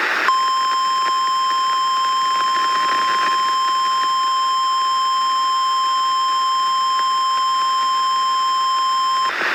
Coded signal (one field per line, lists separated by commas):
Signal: Emergency Alert System (SAME) tones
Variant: 1050 Hz attention tone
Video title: Valid EAS: Special Marine Warning-(EAS #14)